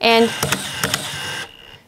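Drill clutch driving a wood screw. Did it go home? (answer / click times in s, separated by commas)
yes / 0.8 s, 0.9 s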